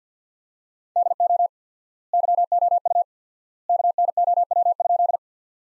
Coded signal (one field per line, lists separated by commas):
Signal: Morse code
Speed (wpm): 50 wpm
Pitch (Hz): 700 Hz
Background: none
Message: DO YOU KNOW?